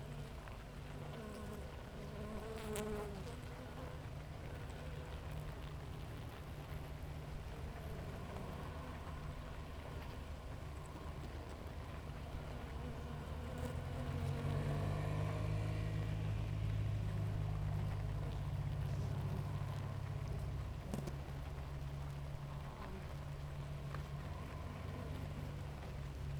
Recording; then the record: honeybee colony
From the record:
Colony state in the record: active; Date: 28 July 2017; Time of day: 6:30